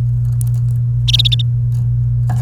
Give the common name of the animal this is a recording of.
Domestic Canary